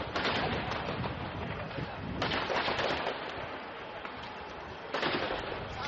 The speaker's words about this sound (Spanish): Por desgracia, sonidos de tiros, de tiroteos, de muerte, de turbas arrollando las embajadas, de enfrentamientos, y de una forma secuenciada, increciendo.